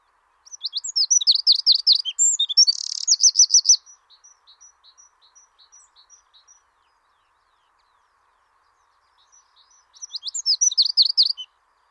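Wren song: a fast, loud burst of high, sharp trilled and warbled notes lasting about three seconds, a run of faint ticks, then a second energetic trilled phrase near the end.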